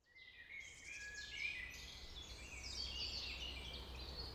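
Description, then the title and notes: Common blackbird song: brief fluty phrases early on, then high squeaky twitters, over steady low background noise. Early evening in April 2019, Traouïero valley, Trégastel, France; one blackbird singing with other birds; recorded with MKH 8040 microphones in an ORTF pair, MixPre-D and Zoom H5 recorders. "Vallée des Traouiero, Trégastel, France - Blackbird song [Valley Traouïero]. yponomeutaneko"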